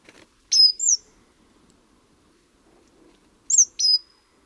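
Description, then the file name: Great tit calling: two brief phrases, each a pair of bright high notes with a quick downward flick, separated by near silence. "Parus major"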